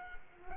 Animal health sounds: mosquito wingbeat signal from an infrared sensor; Culex quinquefasciatus

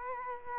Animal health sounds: mosquito wingbeat signal from an infrared sensor; Culex quinquefasciatus

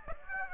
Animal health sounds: mosquito wingbeat signal from an infrared sensor; Aedes aegypti

